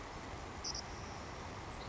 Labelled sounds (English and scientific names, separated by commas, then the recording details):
Savannah Sparrow (Passerculus sandwichensis)
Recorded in Sonoma County, California